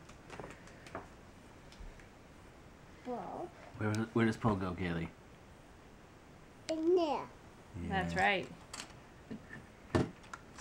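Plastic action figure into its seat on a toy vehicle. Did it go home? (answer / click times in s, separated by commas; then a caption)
yes / 9.9 s. A child pushes a small plastic Poe action figure into its seat on a plastic toy vehicle while people talk. A sharp plastic click at 10.0 s marks the figure snapping into place, fully seated.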